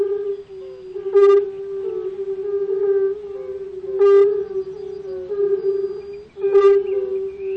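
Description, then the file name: European fire-bellied toad chorus, continuous mellow low calling broken by three loud, raspy bursts spaced roughly three seconds apart. "Rotbauchunke"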